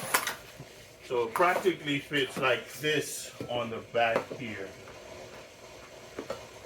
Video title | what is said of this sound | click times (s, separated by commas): This Hose Reel Solves Your Biggest Garden Problem | and locks in place and holds | 0.2 s